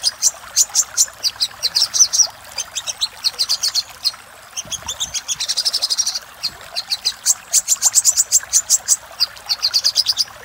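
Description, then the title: Little spiderhunter song of repeated sharp, high-pitched notes in bursts, including a dense trilled patch midway and fast runs to the end. Master recording used to train cage birds; labelled Labaik. "Masteran Burung Sogok Ontong Labaik"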